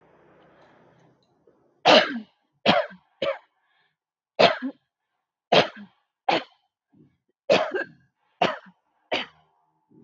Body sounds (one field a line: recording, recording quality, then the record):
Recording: heavy voluntary cough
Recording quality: excellent, no background noise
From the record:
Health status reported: healthy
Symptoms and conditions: none ticked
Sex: female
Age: 29 years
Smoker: not ticked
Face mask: not worn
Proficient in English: yes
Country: India